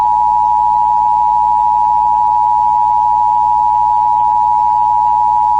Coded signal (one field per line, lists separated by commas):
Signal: Emergency Alert System (SAME) tones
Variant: 853 and 960 Hz attention tone